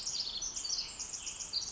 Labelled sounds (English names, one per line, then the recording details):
Pacific Wren
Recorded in Sonoma County, California